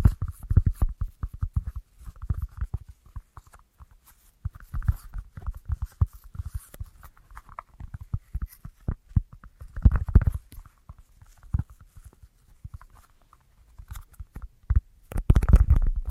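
An assortment of tapping sounds: quick, uneven clusters of light taps and knocks with a dull, low thump beneath many of them. The pattering comes in bursts with brief pauses, growing denser and heavier around ten seconds and again near fifteen seconds.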